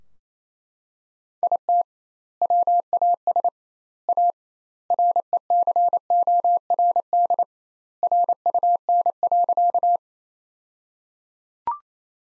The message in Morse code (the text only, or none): IT WAS A RECORD RUN.